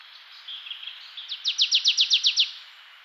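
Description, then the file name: Marsh tit giving a quick series of about nine sharp, down-slurred chipping notes at an even pace, preceded by soft twittering. "Poecile palustris"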